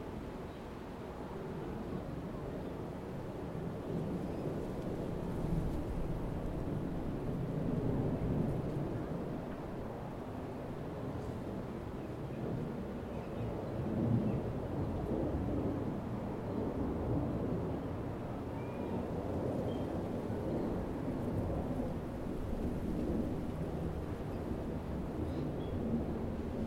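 Steady low rumble of surf at Tamarama Beach near Bondi, a dense continuous wash with gentle swells and faint voices underneath.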